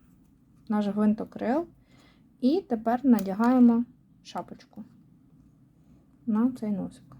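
A small plastic cap is being handled over a peg that holds a propeller (rotor) piece on a craft spinner, while someone talks. No click is heard, only speech and quiet handling noise. Nothing has seated or clicked yet.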